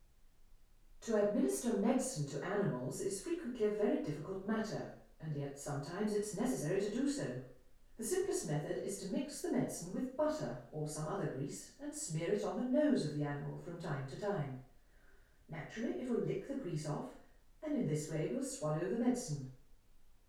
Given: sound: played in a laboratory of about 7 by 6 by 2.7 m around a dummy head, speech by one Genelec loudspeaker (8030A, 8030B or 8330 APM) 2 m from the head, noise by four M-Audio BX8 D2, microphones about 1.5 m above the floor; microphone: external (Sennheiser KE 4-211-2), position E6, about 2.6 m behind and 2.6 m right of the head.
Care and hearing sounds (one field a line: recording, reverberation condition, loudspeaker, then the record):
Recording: female speech in English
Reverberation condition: medium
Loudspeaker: 150 degrees to the left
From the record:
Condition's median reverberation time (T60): about 510 ms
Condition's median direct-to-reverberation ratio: about -0.5 dB